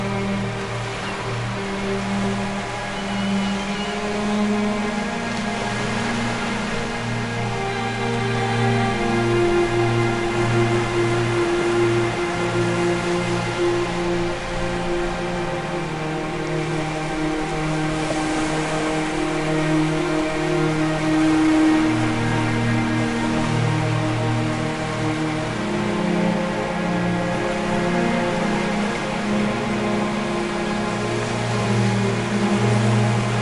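Slow, sustained music of long held low and middle notes plays over a soft, constant rushing wash like ocean surf. The level stays even for the whole stretch, with notes shifting only gently and no sharp events.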